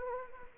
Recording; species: mosquito wingbeat signal from an infrared sensor; Anopheles arabiensis